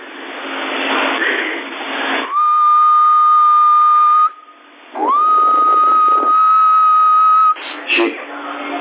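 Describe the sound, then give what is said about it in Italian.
A person whistles two long, steady, mid-pitched notes into a CRT 9009 CB radio transmitting in AM, to show its peak output, the tinny tone sitting over hiss and crackle, with a brief dip between them and static bursts around the edges. “Guarda se fischiando c'è un picchio, aspetta, ti faccio vedere la portata e butta, eh.”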